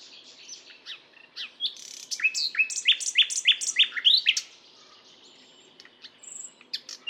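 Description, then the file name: Common nightingale song: varied phrases of sharp repeated notes, a run of rapid downslurred chirps in the middle, then quieter scattered notes and a high whistle. "Luscinia megarhynchos"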